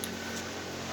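A metal knuckle coupler on a model train car is pulled apart from the mating coupler on the next car to uncouple. A single short, sharp click is heard at 0.0 s as they release, over a steady low hum. The couplers come apart and are unhooked.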